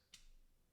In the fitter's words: thing here push it on there and then it'll slide down just a little bit to lock into place